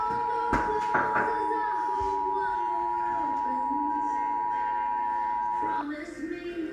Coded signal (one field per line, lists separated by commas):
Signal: Emergency Alert System (SAME) tones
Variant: 853 and 960 Hz attention tone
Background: speech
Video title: Required Monthly Test EAS #8